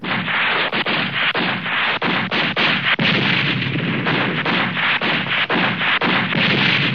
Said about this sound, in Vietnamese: Hai trái lựu đạn của VC lọt vào hầm trú ẩn. Hai tiếng nổ liên tiếp chát chúa. Có lẽ hai người cùng nhắm một mục tiêu. Lô Cốt tan hoang.